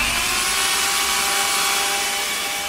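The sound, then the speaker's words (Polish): A power saw cuts through wood with a loud, continuous grinding whine that holds steady throughout, its high buzzing tones layered over a rough, hissing rasp. “Dzieci, uważajcie, bo żeby piła na was nie spadła.”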